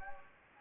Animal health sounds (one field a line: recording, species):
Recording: mosquito wingbeat signal from an infrared sensor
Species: Anopheles gambiae